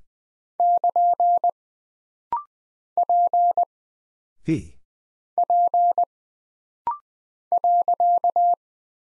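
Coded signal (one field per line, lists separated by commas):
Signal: Morse code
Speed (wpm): 20 wpm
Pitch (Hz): 700 Hz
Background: none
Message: <KN> P P .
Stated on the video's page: Morse practice at 20 wpm: rapid-fire single letters, numbers, punctuation and prosigns, each sent twice for instant character recognition drill.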